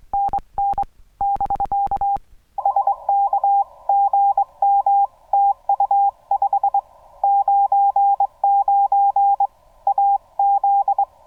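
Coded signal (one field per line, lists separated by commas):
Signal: Morse code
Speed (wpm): 24 wpm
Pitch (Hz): 800 Hz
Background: none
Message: NN <BK> SK GM TU 599 AZ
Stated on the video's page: Summits on the Air CW activation using a Xiegu X6100 transceiver.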